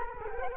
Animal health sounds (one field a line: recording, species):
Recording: mosquito wingbeat signal from an infrared sensor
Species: Culex quinquefasciatus